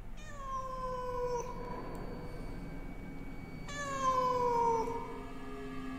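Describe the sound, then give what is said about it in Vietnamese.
A cat yowls outside by the river twice: two long, drawn-out wails that sag slightly in pitch, separated by a few seconds of low, steady background rumble. “Tưởng là mơ, ấy thế mà tiếng con mèo lại vang lên từ ngoài sông thật.”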